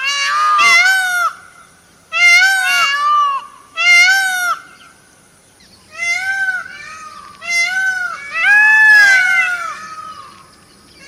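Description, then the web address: Myna making raspy, slurred squawks in several clusters, each a tumble of descending and rising notes, with quiet gaps between. "animal-sound myna-sound"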